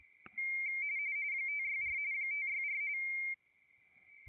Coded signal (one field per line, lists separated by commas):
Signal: RTTY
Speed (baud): 45.45 baud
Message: 564 564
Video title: CQWW WPX RTTY 20 METER SUNDAY AFTERNOON